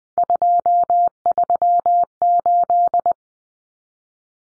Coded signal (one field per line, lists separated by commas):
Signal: Morse code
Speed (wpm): 20 wpm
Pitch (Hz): 700 Hz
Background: none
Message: 238